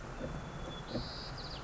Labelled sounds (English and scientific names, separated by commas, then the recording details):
White-crowned Sparrow (Zonotrichia leucophrys)
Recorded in Sonoma County, California